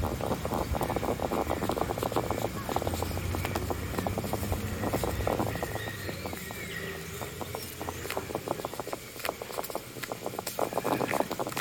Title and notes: Our resident hedgehog 🦔. it sounds like a Geiger counter when it's sniffing things out